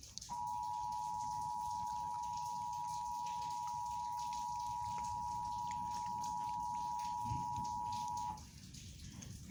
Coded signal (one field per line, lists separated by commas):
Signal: Emergency Alert System (SAME) tones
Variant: 853 and 960 Hz attention tone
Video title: eas tornado warning ⚠️